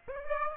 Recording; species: mosquito wingbeat signal from an infrared sensor; Aedes aegypti